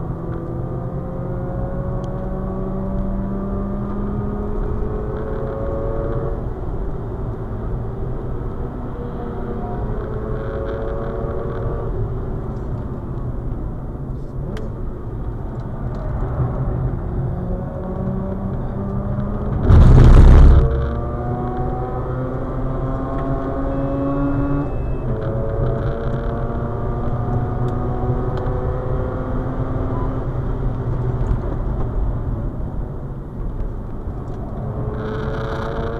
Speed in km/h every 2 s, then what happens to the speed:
107, 119, 129, 121, 126, 126, 92, 82, 82, 99, 113, 123, 133, 144, 150, 106, 90, 103.
0-3 speeds up to 129. 3-10 steady at about 126. 10-16 brakes to 82. 16-27 speeds up to 150. 28-31 brakes to 90.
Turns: 12-18, 30-36.